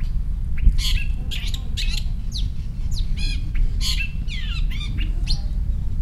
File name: shrike-long-tailed -Lanius-schach